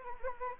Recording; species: mosquito wingbeat signal from an infrared sensor; Anopheles arabiensis